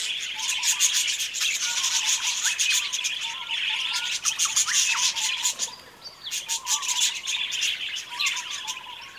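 Budgerigars chirp and click in rapid overlapping bursts, a short lull past the middle before the chatter resumes, with faint whistled notes below.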